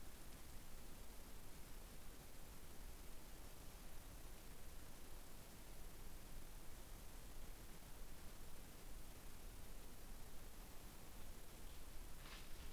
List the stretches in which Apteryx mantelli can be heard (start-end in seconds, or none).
none